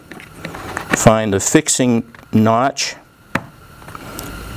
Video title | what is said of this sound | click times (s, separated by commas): Cyclops LED Headlight Installation BMW R1200GS | it a quarter turn and it locks in place and the high beam install is complete | 3.4 s